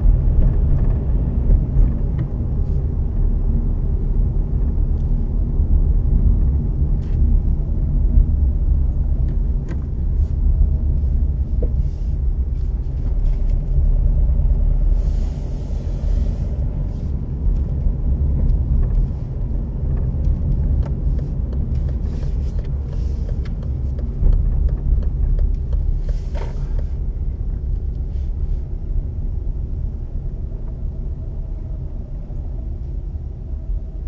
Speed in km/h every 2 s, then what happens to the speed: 31, 29, 28, 25, 20, 20, 17, 19, 22, 24, 23, 22, 18, 16, 15, 14, 10.
0-12 slows to 17. 12-18 speeds up to 24. 22-34 slows to 10.